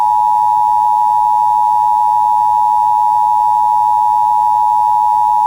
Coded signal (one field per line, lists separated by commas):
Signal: Emergency Alert System (SAME) tones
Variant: 853 and 960 Hz attention tone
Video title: [EAS] Severe Thunderstorm Warning from Duluth NWS for Cass and Itasca Counties (August 3, 2024)